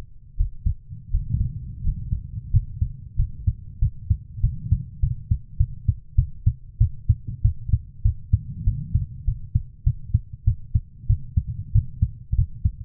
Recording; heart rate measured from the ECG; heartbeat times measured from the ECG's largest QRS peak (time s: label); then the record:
heart sounds by stethoscope; 95 bpm
0.36 s: heartbeat
1.10 s: heartbeat
1.83 s: heartbeat
2.51 s: heartbeat
3.16 s: heartbeat
3.79 s: heartbeat
4.41 s: heartbeat
5.00 s: heartbeat
5.57 s: heartbeat
6.15 s: heartbeat
6.78 s: heartbeat
7.42 s: heartbeat
8.02 s: heartbeat
8.64 s: heartbeat
9.25 s: heartbeat
9.84 s: heartbeat
10.45 s: heartbeat
11.07 s: heartbeat
11.72 s: heartbeat
12.36 s: heartbeat
From the record:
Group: healthy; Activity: breath hold 0-3 s, rest 3-13 s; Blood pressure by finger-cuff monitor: 98/60 mmHg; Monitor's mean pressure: 75 mmHg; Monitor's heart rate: 96 bpm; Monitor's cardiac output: 8.2 L/min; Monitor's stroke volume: 82 mL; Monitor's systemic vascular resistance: 680 dyn s/cm5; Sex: female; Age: 24 years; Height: 163 cm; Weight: 55.7 kg